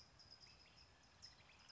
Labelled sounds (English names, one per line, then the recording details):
California Towhee
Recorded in Sonoma County, California